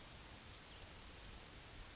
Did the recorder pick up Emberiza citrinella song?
no